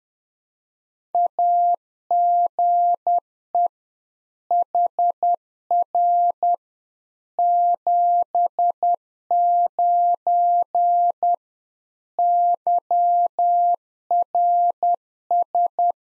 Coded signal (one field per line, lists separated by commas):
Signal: Morse code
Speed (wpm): 10 wpm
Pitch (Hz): 700 Hz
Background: none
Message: AGE HR 79 YRS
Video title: Practice QSO - Complete One-Sided - 10wpm